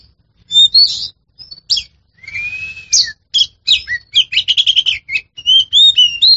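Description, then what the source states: Oriental magpie-robin song mixing a long arched whistle, rapid buzzy trills and clear slurred whistles, delivered in a lively, tightly packed sequence. A champion bird of this species, in the sense of a contest-winning songbird.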